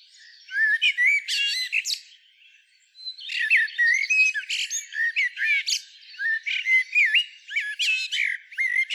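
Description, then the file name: Common blackbird calls: rapid chattering, squeaky notes with short upslurred whistles, a brief bout followed by a pause, then a longer continuous run of twitters. "Turdus merula"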